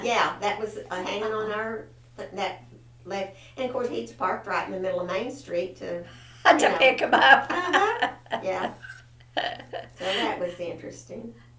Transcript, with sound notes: Yeah, that was a hanging on our-- that left-- and of course he'd park right in the middle of Main Street to, you know.
To pick 'em up (Laughter)
Uh-huh! Yeah. So that was interesting.